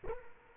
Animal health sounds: mosquito wingbeat signal from an infrared sensor; Culex quinquefasciatus

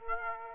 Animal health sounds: mosquito wingbeat signal from an infrared sensor; Aedes aegypti

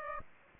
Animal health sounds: mosquito wingbeat signal from an infrared sensor; Aedes aegypti

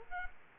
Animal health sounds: mosquito wingbeat signal from an infrared sensor; Culex quinquefasciatus

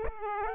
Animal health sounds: mosquito wingbeat signal from an infrared sensor; Aedes aegypti

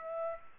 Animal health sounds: mosquito wingbeat signal from an infrared sensor; Aedes aegypti

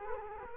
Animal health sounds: mosquito wingbeat signal from an infrared sensor; Culex quinquefasciatus

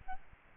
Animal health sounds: mosquito wingbeat signal from an infrared sensor; Aedes albopictus

